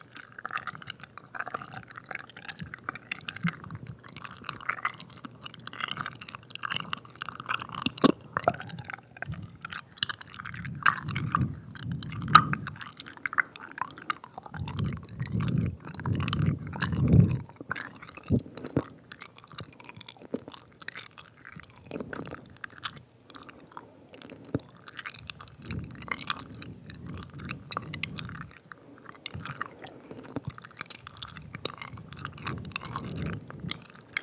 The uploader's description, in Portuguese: ASMR intenso com sons de boca molhados